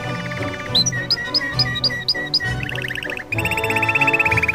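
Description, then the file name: Canary song: a string of rising whistled notes repeated about four times a second, then buzzy trills. Music with steady tones plays underneath throughout. Canary song mixed with music. "suara kenari dan musik"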